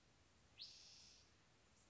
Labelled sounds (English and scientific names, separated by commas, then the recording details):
Spotted Towhee (Pipilo maculatus)
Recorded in Sonoma County, California